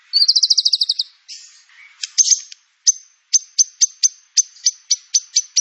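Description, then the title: White-rumped shama song: a fast, buzzy trill of about a dozen high notes, a lower slurred phrase, then sharp high chips repeated about four times a second. Trigger (pancingan) recording of full song fill-in material (materi isian) used to train captive birds. "PANCINGAN MURAI BATU. MURAI BATU FULL MATERI ISIAN"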